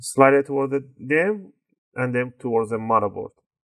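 An 8 GB laptop memory stick is being handled at the SO-DIMM slot of a Toshiba Satellite L55w-C5202s motherboard, about to be slid in and pressed down toward the motherboard so the two retaining arms snap over it. Someone talks throughout, with a short pause near the middle and silence at the end. The module has not seated or clicked yet.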